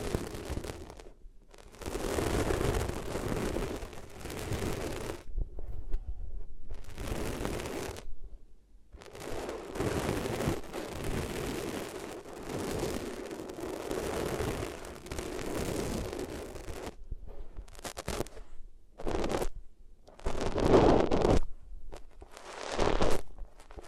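Rough rubbing against the ears comes in long dense scraping bursts, broken by brief silences, with shorter choppier strokes and crackles toward the end.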